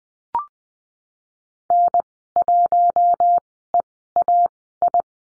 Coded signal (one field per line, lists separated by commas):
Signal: Morse code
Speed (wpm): 20 wpm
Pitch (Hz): 700 Hz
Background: none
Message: N1EAI